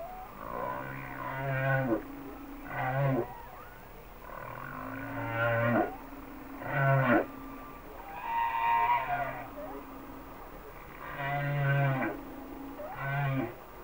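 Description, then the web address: Humpback whale song: a series of harmonic moaning units with low groaning bases, in a slow rhythmic pattern. "Whale Songs Sounds of Nature - Humpback Whales"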